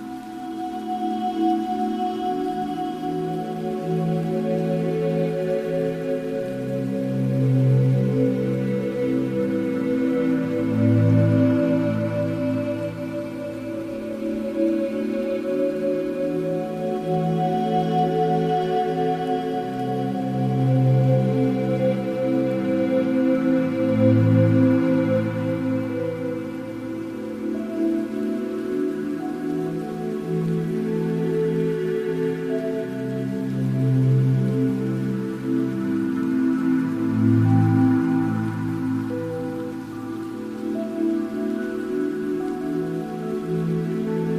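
Slow, mellow music with soft rain. Sustained low tones hold steady throughout, and deeper bass notes swell in pairs roughly every thirteen seconds. A light patter of rain sits faintly beneath the music at an even level.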